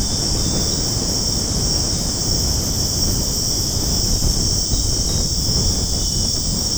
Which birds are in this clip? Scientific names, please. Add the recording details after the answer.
none. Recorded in secondary vegetation near Puerto Asís, Putumayo, Colombia, on 21 February 2024 at 01:00. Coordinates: 0.489, -76.322. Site G6419